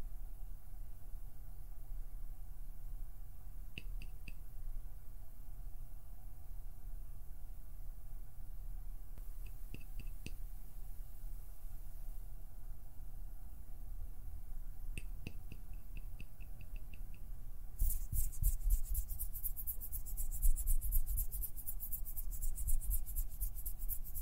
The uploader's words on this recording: PLUCKING, PINCHING, FINGER FLUTTERING, PERSONAL ATTENTION - NO TALKING.